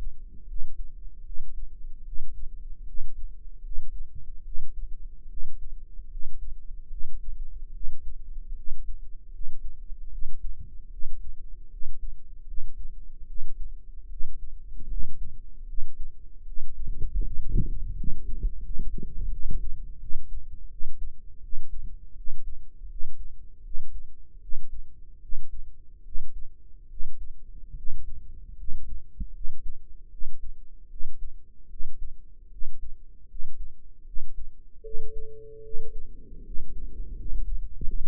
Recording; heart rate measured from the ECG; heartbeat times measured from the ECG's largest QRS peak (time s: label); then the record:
heart sounds by microphone in the right ear; 77 bpm
0.45 s: heartbeat
1.23 s: heartbeat
2.03 s: heartbeat
2.84 s: heartbeat
3.61 s: heartbeat
4.42 s: heartbeat
5.27 s: heartbeat
6.08 s: heartbeat
6.88 s: heartbeat
7.71 s: heartbeat
8.54 s: heartbeat
9.30 s: heartbeat
10.09 s: heartbeat
10.89 s: heartbeat
11.68 s: heartbeat
12.45 s: heartbeat
13.25 s: heartbeat
14.08 s: heartbeat
14.87 s: heartbeat
15.65 s: heartbeat
16.44 s: heartbeat
17.22 s: heartbeat
17.94 s: heartbeat
18.60 s: heartbeat
19.29 s: heartbeat
19.98 s: heartbeat
20.68 s: heartbeat
21.40 s: heartbeat
22.14 s: heartbeat
22.87 s: heartbeat
23.62 s: heartbeat
24.39 s: heartbeat
25.19 s: heartbeat
26.02 s: heartbeat
26.87 s: heartbeat
27.74 s: heartbeat
28.55 s: heartbeat
29.31 s: heartbeat
30.09 s: heartbeat
30.87 s: heartbeat
31.67 s: heartbeat
32.48 s: heartbeat
33.26 s: heartbeat
34.03 s: heartbeat
34.81 s: heartbeat
35.61 s: heartbeat
36.42 s: heartbeat
37.14 s: heartbeat
37.83 s: heartbeat
From the record:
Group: healthy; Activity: rest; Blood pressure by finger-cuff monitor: 103/69 mmHg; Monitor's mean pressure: 79 mmHg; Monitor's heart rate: 76 bpm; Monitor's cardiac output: 5.7 L/min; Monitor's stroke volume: 75 mL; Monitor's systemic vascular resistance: 1000 dyn s/cm5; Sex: female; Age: 22 years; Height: 160 cm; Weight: 45 kg